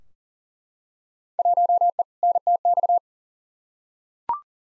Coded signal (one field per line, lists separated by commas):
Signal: Morse code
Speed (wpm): 40 wpm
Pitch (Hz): 700 Hz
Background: none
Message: 1E NTX